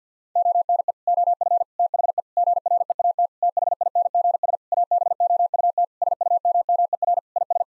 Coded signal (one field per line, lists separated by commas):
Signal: Morse code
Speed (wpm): 50 wpm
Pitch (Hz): 700 Hz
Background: none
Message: ONE OF THE GREAT THINGS ABOUT SUMMER IS